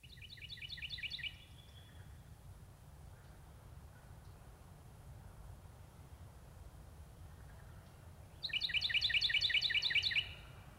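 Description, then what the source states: Carolina Wren song: a fast, loud series of repeated ringing phrases, one burst of about a second and another near two seconds long after a long quiet gap, over low background hum. Several examples of the song, including the tea kettle song; common in open woods and wooded parts of towns and villages.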